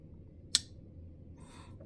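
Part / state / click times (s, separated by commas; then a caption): folding knife blade into handle closed detent / seated / 0.6 s. The steel blade of a BergBlades Alpha folding knife, fitted with multi-row bearings, is rotated shut into its micarta/titanium handle and snaps into its closed detent with one sharp, bright click at 0.6 s. A soft, airy rustle follows around 1.4–1.7 s, with a faint tick near 1.8 s, and the blade is seated in the closed position.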